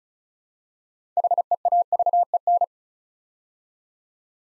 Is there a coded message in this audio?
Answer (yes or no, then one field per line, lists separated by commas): yes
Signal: Morse code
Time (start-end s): 1.2-2.6 s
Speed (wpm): 36 wpm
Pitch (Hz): 700 Hz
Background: none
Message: HEAVEN